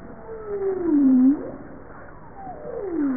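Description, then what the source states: Bowhead whale call: a long low tone sliding downward then curving back up, followed by a second falling sweep, over faint background hiss. Recorded 21 April 1988 at 07:05.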